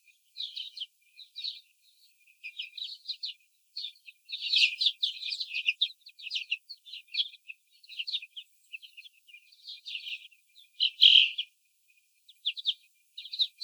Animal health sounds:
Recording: young laying hens in a cage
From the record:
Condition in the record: before the stressor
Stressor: sudden umbrella opening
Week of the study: 3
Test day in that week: 2

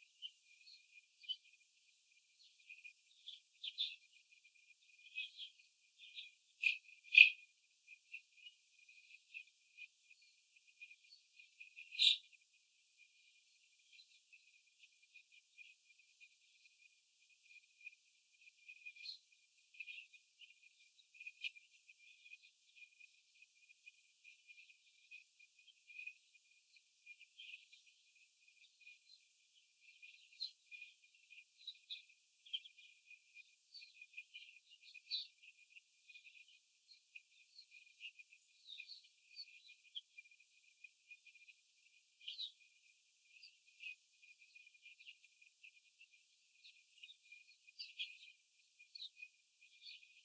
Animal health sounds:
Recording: young laying hens in a cage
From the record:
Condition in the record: after the stressor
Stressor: simulated dog barking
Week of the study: 4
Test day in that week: 3

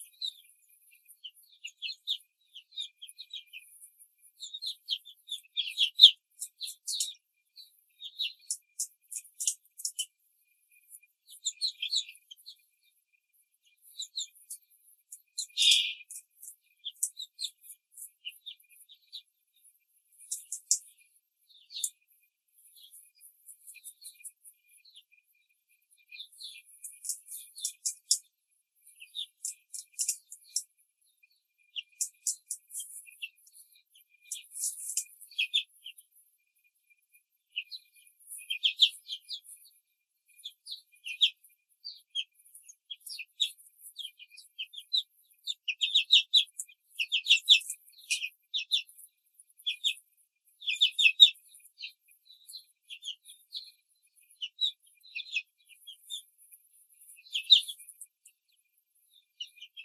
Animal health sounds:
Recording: young laying hens in a cage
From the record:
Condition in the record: control cage, before the stress test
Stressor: none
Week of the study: 4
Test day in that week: 3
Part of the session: 3

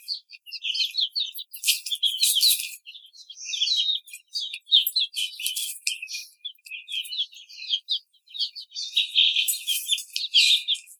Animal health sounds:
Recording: young laying hens in a cage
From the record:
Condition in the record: treatment cage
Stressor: simulated dog barking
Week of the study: 5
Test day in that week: 1

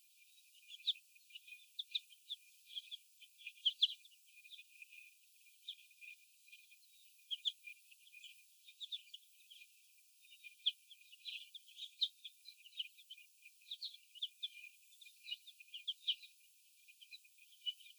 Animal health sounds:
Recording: young laying hens in a cage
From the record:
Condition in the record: before the stressor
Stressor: sudden umbrella opening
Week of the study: 2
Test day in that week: 1

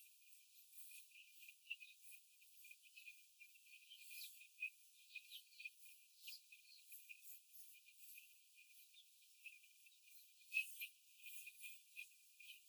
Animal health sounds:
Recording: young laying hens in a cage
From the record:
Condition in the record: after the stressor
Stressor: simulated dog barking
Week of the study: 4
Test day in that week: 1

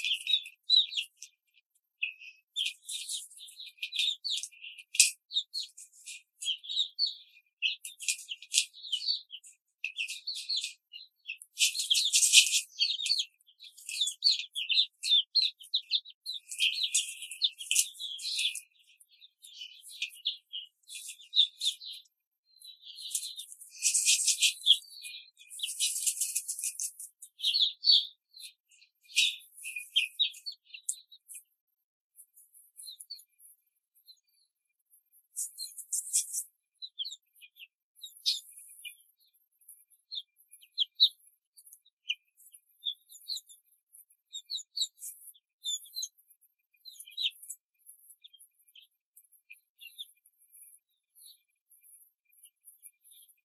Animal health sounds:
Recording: young laying hens in a cage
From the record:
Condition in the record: control cage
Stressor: none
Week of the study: 5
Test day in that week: 1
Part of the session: 2

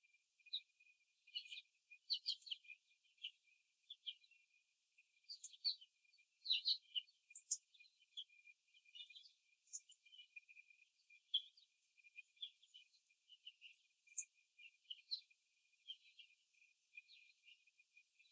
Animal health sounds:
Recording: young laying hens in a cage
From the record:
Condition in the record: after the stressor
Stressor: simulated dog barking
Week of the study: 3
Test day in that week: 1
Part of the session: 3

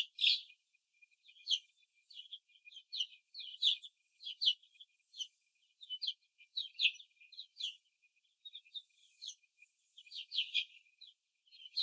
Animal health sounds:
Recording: young laying hens in a cage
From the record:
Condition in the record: after the stressor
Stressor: simulated dog barking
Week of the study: 2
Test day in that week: 2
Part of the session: 2

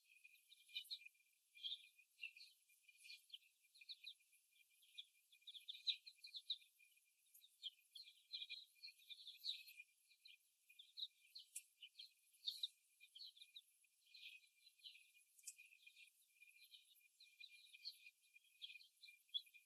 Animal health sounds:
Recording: young laying hens in a cage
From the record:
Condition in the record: before the stressor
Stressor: simulated dog barking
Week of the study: 1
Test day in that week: 1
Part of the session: 1

